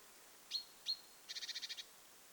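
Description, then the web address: Great tit calls: two sharp high notes, then a fast buzzy rattle of several pulses. Young bird, recorded 21 July 2026. "paivat 21 7 2026 kuvien nuori talitiainen aantelee"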